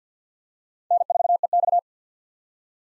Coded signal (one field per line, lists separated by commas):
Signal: Morse code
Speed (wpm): 50 wpm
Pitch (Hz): 700 Hz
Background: none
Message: N4EX